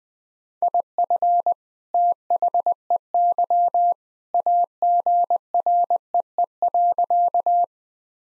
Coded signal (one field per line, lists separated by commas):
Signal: Morse code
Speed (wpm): 21 wpm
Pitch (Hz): 700 Hz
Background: none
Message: IF THEY AGREE.